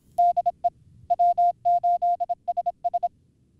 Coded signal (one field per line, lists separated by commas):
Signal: Morse code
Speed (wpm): 26 wpm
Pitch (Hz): 700 Hz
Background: none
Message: DE W8SS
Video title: Ham Nation 184: A Cold Day in Hell, Michigan